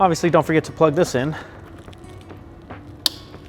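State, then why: Seated. Someone talks briefly while a headlight wiring harness connector is plugged into the socket of a reinstalled custom Circuit Demon headlight assembly on a GR86, with faint handling ticks as it is pushed in. A sharp, satisfying click at 3.1 s confirms the connector is seated.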